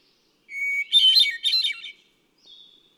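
Hermit thrush song: a clear held whistle on one pitch, then a tumbling burst of flute-like trills, with a soft higher whistle after a pause.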